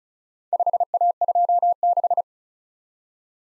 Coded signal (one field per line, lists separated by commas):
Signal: Morse code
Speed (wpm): 36 wpm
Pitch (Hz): 700 Hz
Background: none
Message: 5A26